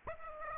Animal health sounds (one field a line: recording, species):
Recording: mosquito wingbeat signal from an infrared sensor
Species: Aedes aegypti